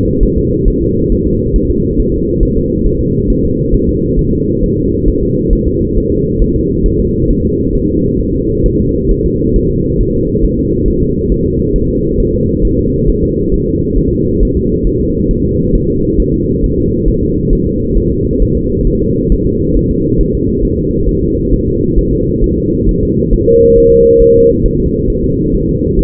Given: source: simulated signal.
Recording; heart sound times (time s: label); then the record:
fetal heart sounds
0.23 s: S1
0.38 s: S2
0.68 s: S1
0.82 s: S2
1.12 s: S1
1.27 s: S2
1.56 s: S1
1.70 s: S2
2.00 s: S1
2.14 s: S2
2.43 s: S1
2.57 s: S2
2.86 s: S1
3.01 s: S2
3.30 s: S1
3.45 s: S2
3.74 s: S1
3.89 s: S2
4.19 s: S1
4.33 s: S2
4.64 s: S1
4.78 s: S2
5.08 s: S1
5.23 s: S2
5.53 s: S1
5.67 s: S2
5.97 s: S1
6.12 s: S2
6.42 s: S1
6.56 s: S2
6.86 s: S1
7.00 s: S2
7.30 s: S1
7.45 s: S2
7.75 s: S1
7.90 s: S2
8.21 s: S1
8.35 s: S2
8.66 s: S1
8.80 s: S2
9.11 s: S1
9.26 s: S2
9.56 s: S1
9.71 s: S2
10.01 s: S1
10.15 s: S2
10.45 s: S1
10.59 s: S2
10.88 s: S1
11.02 s: S2
11.32 s: S1
11.46 s: S2
11.76 s: S1
11.90 s: S2
12.20 s: S1
12.35 s: S2
12.65 s: S1
12.79 s: S2
13.09 s: S1
13.24 s: S2
13.54 s: S1
13.68 s: S2
13.98 s: S1
14.13 s: S2
14.43 s: S1
14.57 s: S2
14.87 s: S1
15.01 s: S2
15.31 s: S1
15.46 s: S2
15.75 s: S1
15.90 s: S2
16.20 s: S1
16.34 s: S2
16.64 s: S1
16.78 s: S2
17.08 s: S1
17.23 s: S2
17.53 s: S1
17.67 s: S2
17.97 s: S1
18.12 s: S2
18.42 s: S1
18.57 s: S2
18.87 s: S1
19.02 s: S2
19.32 s: S1
19.46 s: S2
19.76 s: S1
19.91 s: S2
20.21 s: S1
20.35 s: S2
20.65 s: S1
20.79 s: S2
21.09 s: S1
21.23 s: S2
21.54 s: S1
21.68 s: S2
21.99 s: S1
22.13 s: S2
22.44 s: S1
22.58 s: S2
22.89 s: S1
23.03 s: S2
23.33 s: S1
23.48 s: S2
23.78 s: S1
23.92 s: S2
24.22 s: S1
24.36 s: S2
24.66 s: S1
24.80 s: S2
25.10 s: S1
25.24 s: S2
25.55 s: S1
25.69 s: S2
25.99 s: S1
From the record:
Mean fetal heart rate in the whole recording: 135 bpm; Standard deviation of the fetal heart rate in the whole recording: 3 bpm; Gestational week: 36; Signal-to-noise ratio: -14.7 dB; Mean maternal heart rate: 72 bpm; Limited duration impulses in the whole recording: present